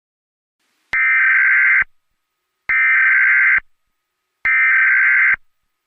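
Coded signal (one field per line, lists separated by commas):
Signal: Emergency Alert System (SAME) tones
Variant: header bursts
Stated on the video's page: Fictional EAS scenario, a remake of an earlier scenario series.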